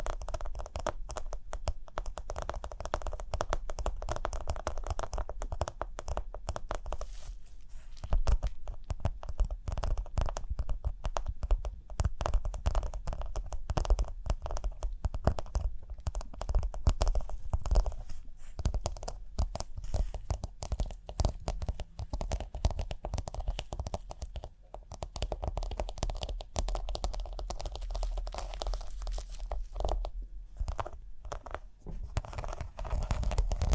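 Rhinestones are tapped, scratched and brushed in a dense, continuous run of quick clicks and scrapes, with a low rumbling undertone throughout.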